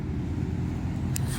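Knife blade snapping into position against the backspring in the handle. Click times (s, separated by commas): 1.2 s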